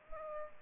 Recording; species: mosquito wingbeat signal from an infrared sensor; Aedes aegypti